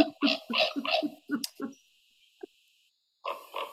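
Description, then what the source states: Common raven calls: a rapid run of deep, hoarse croaking notes, then a pause and a final pair of gravelly croaks. Deep, guttural calls in a varied range of sounds; often confused with a crow.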